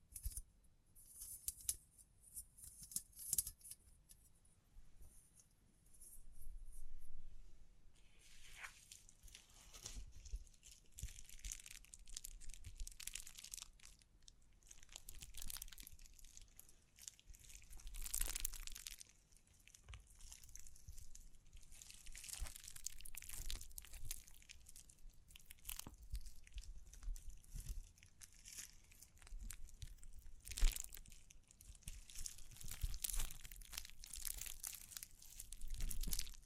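Tapping, scratching, brushing and crinkling sounds follow one another in an irregular stream of crisp, bright textures with faint low thumps beneath. Denser bursts of crinkling and brushing stand out around 9, 15, 18 and 31 seconds, separated by quieter, sparser scratches.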